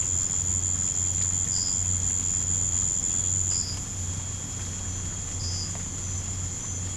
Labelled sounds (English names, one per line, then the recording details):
none
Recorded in pastures near Puerto Asís, Putumayo, Colombia, on 15 December 2024 at 03:00
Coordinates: 0.505, -76.324
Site G063